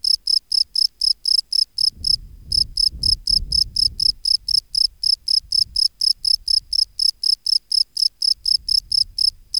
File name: Bio Acoustica. Gryllus campestris